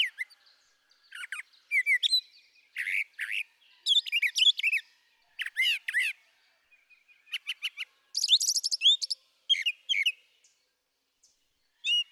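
Brown thrasher song, varied phrases of chirps, slurred whistles and rapid buzzy notes, several given in pairs, with short gaps between them and no other sounds.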